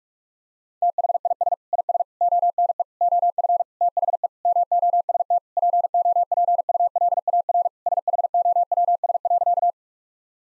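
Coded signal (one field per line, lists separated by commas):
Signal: Morse code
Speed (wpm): 46 wpm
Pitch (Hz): 700 Hz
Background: none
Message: THIS IS ONE OF THE MOST POPULAR SHOWS.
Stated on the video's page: Morse code practice at 45 wpm: sentences built from common five-word phrases, each sent, then spoken, then sent again.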